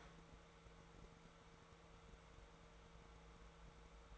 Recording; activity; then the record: daily activity, microphone in the room; open fridge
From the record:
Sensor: 3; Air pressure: 1014.8 hPa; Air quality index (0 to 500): 198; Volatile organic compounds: 27 ppm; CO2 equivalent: 2897 ppm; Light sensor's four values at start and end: 12/30/12/12 and 12/30/12/12